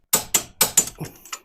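A torque wrench set to 100 Nm tightens the caliper bracket bolt on the front brake of a Clio 2. Four sharp metallic clicks land at about 0.1, 0.4, 0.6 and 0.8 seconds, followed by two fainter taps near 1.3 seconds. The wrench gives its click at the setting at 0.1 seconds, confirming the bolt is torqued to 100 Nm.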